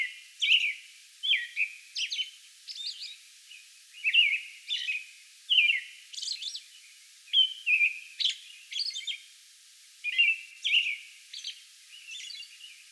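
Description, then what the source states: American robin carols: bright whistled phrases dropping in pitch, broken by thin high squeaks, sung in bursts with short pauses. Song bout recorded May 11.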